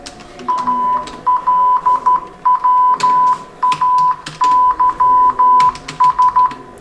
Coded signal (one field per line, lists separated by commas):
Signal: Morse code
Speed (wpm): 13 wpm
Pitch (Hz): 1000 Hz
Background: none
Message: ALWAYS